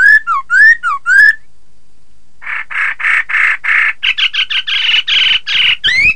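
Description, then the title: Laughingthrush giving looping whistles, a pause, then a series of harsh nasal notes that speed into mixed chatter and end on rising whistles. "Suara Kicau Burung Poksay"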